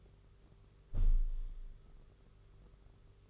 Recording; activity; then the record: daily activity, microphone in the room; close window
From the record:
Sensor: 4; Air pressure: 991.1 hPa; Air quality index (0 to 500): 154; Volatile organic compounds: 108 ppm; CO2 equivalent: 3808 ppm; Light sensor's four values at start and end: 6/15/6/6 and 6/14/5/6